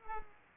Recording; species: mosquito wingbeat signal from an infrared sensor; Culex pipiens